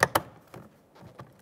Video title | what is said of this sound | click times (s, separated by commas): How to Replace Door Panel Fasteners 2002-2009 Chevrolet Trailblazer | should have an audible click from all the way around | 0.0 s, 0.2 s